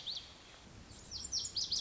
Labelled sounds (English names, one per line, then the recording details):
Lazuli Bunting
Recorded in Sonoma County, California